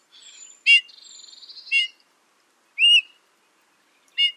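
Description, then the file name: Eurasian bullfinch uttering a few sharp, tonal call notes separated by a brief buzzy trill and a faint high whistle, with pauses of about a second. "Pyrrhula pyrrhula"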